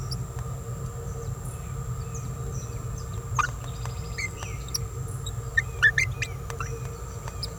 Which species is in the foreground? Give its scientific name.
Forpus passerinus